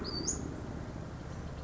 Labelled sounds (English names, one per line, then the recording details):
Western Flycatcher
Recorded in Sonoma County, California